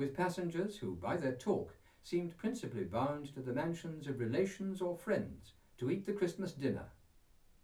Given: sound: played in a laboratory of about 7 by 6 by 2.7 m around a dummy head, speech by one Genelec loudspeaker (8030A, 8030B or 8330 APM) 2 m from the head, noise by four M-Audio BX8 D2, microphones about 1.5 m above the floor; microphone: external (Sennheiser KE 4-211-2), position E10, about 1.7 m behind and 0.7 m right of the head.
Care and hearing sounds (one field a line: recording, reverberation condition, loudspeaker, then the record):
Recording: male speech in English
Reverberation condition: low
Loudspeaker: 60 degrees to the left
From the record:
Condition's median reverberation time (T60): about 310 ms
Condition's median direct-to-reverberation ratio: about 3.5 dB